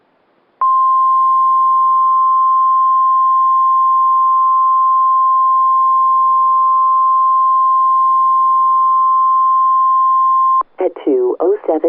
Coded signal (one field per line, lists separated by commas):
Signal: Emergency Alert System (SAME) tones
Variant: 1050 Hz attention tone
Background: speech